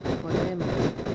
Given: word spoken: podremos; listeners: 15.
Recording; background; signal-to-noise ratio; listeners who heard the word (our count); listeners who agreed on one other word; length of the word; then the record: one Spanish word in noise, from a listening test; noise modulated by three-talker babble; -6.6 dB; 3 of 15; 6 of 15; 0.75 s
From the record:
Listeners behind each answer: 6, 4, 3, 2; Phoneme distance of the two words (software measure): 17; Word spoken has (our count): 3 syllables, 8 phonemes, stress on syllable 2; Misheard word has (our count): 3 syllables, 9 phonemes, stress on syllable 2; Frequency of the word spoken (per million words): 14.17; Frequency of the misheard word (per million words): 1.92